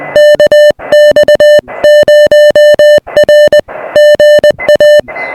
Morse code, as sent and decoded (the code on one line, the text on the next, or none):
-.- -..- ----- .-. / --. .-
KX0R GA